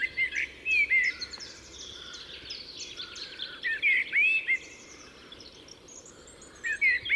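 Common blackbird song: low fluted whistles with squeaky high twittering after them, in three bursts, over a steady background hiss.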